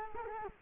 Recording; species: mosquito wingbeat signal from an infrared sensor; Culex quinquefasciatus